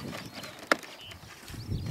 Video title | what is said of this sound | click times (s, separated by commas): RVJET - The designers share the secrets behind - 20130629 | until you hear a click | 0.7 s